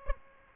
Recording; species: mosquito wingbeat signal from an infrared sensor; Aedes albopictus